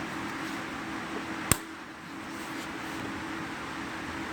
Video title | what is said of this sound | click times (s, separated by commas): 4R100 Transmission Remove & REPLACE Ford Super Duty V10 4X4 - Step-by-Step Guide 1997 - 2003 | This one on the front, same thing, push it in till you hear the click. | 1.5 s